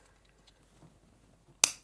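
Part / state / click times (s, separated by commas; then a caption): wooden peg pressed into a hole in a wooden puzzle panel / seated / 1.6 s. A number five wooden peg is pressed into one of the holes near the center of a wooden puzzle panel. After a second and a half of faint rustling and small ticks, it snaps into place with one sharp, bright click at 1.6 s that rings briefly. The peg is seated.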